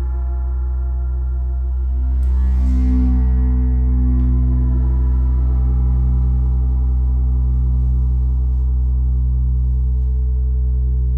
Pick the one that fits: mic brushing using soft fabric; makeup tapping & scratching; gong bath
gong bath